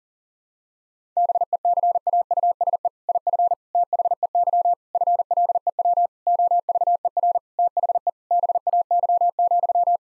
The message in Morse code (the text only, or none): BECAUSE IF THEY FLEW OVER THE BAY,